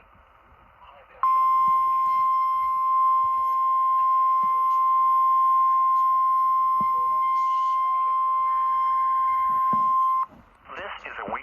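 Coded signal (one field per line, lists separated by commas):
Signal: Emergency Alert System (SAME) tones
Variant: 1050 Hz attention tone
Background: speech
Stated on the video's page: Weekly EAS tests.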